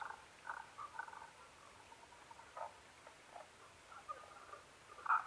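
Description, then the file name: Tago's brown frog giving scattered soft croaks at uneven intervals, ending with one louder note. Recorded 15 May 2011 at 02:19. "tagogaeru-20110515-0219"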